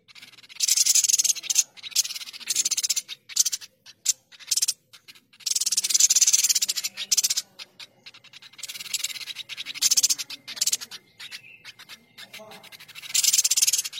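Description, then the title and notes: Streaked spiderhunter singing in long, dense runs of shrill, fast-pulsed notes, alternating with short gaps and softer clicking sounds. Masteran training recording for cage birds; the bird is described as singing vigorously (gacor), clear and long. "Pijantung Gunung Gacor Jernih Panjang. Masteran burung"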